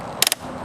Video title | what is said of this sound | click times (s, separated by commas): 2024 Craftsman R110 30" Riding Lawnmower Owner | Make sure you twist it until you hear it make a click. | 0.2 s, 0.3 s